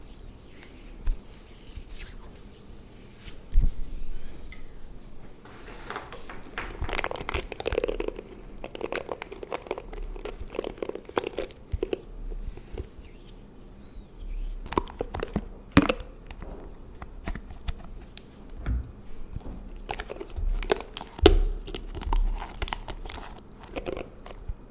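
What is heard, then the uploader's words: Tingly layered sounds for skin and hair pampering: a dense run of soft crinkling, tapping and brushing textures with many quick bright clicks scattered throughout. Activity thickens in the middle, with sharper taps around the fifteen and twenty-one second marks, over a low steady hum. Pampering Your Skin & Hair. Layered Sounds Tingly Sounds.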